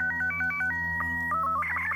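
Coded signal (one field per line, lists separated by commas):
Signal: SSTV (slow-scan television)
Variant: Robot 36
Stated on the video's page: Hidden signal within an ARG for the game STALKER 2, which began with a trailer message.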